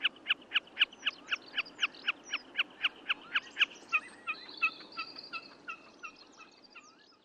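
Snipe uttering clipped, evenly spaced ticking notes, roughly four per second, for several seconds, then fading as twittering songbirds take over.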